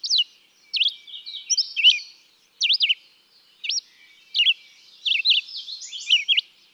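Red-eyed vireo giving short, sharp whistled phrases with abrupt pitch changes, separated by pauses of under a second.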